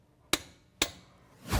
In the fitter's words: when we release the force you should hear a second click